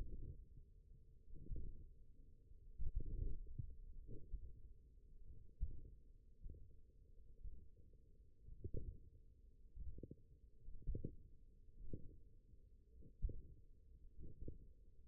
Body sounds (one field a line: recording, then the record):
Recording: forearm muscle sounds (acoustic myography)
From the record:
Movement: radial deviation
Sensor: system 1, eight BSWA MPA416 microphones around the upper forearm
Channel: 7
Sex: male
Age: 20 years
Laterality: left